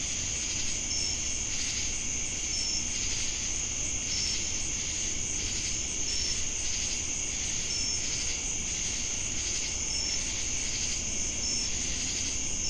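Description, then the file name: Cricket: steady high insect trilling from crickets, punctuated by short clear chirps repeated every couple of seconds, over a pulsing chorus and low ambient noise. Jamestown, North Carolina, USA, on August 10, 2018. "Crickets And Sacadas Jamestown NC"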